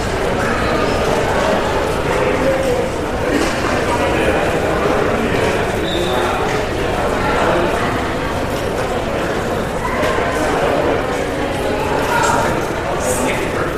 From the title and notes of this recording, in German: Sanfte Klänge aus der Flughafen-Abfertigungshalle. Lausche den sanften Klängen des geschäftigen Treibens, dem gedämpften Gemurmel von Passagieren und dem entfernten Summen der Anzeigetafeln.